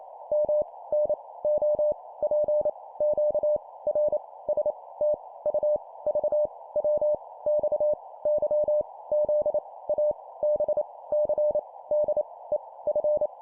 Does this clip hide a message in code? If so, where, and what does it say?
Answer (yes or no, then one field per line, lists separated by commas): yes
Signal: Morse code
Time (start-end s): 0.3-13.3 s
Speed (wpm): 28 wpm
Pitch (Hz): 600 Hz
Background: none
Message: M N O P Q R S T U V W X Y Z A B C D E F